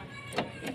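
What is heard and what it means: A newly made key is turned in the door lock of a Maruti Suzuki Wagon R, and the lock mechanism clicks into the locked position at 0.4 s. A second, softer mechanical sound follows near 0.7 s over a low background hum. The lock is confirmed locked with the new key.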